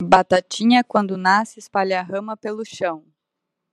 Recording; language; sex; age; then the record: short text; Brazilian Portuguese; female; 30 to 39 years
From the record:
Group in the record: control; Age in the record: 30 years